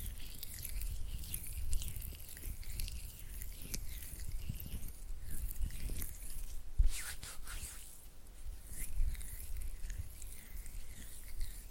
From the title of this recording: Oily Hand and Flutter Finger Sounds